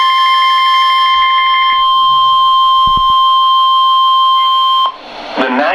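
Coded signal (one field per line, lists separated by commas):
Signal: Emergency Alert System (SAME) tones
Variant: 1050 Hz attention tone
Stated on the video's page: Series of EAS alerts received on a new radio; loud.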